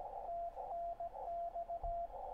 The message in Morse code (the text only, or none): TNX